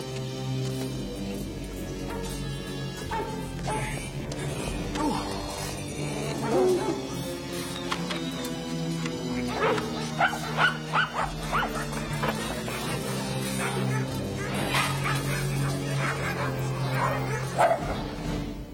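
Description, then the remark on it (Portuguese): Several dogs bark in repeated bursts as someone teases them, mixing deep woofs with sharper yips and an occasional whimper, over a steady low background hum and faint voices. “Eu não gosto quando você provoca os cães.”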